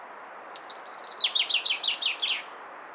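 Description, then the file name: Common chaffinch song, one fast descending series of sharp chipping notes lasting about two seconds, finishing with a short flourish, against soft background hiss. "Fringilla coelebs"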